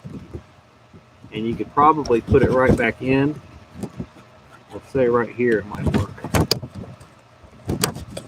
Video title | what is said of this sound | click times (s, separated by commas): Instrument Cluster Contact Pins, a fix? | so that actually snapped back in but not secure right | 6.5 s, 7.8 s